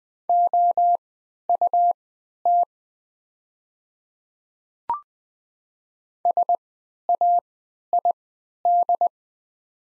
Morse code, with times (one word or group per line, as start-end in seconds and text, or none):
0.3-2.6 OUT
6.3-9.1 SAID